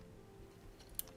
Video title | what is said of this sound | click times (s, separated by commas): Let's Build a Creality Ender-3 - Plus Some Essential Upgrades! - Live | I'm gonna go ahead and throw that in there now, just so I don't lose it. Because that's what we're gonna, you can even hear it click for the first time. | 1.0 s